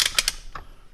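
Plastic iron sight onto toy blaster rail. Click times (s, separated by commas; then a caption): 0.0 s. A plastic fake iron sight is slid onto the top rail of an EMERBU HK416C toy gel ball blaster and clicks into place at 0.0 s. Sharp, bright clicks follow at about 0.2 s and 0.3 s, with a softer, duller tick near 0.6 s. The sight is seated on the rail.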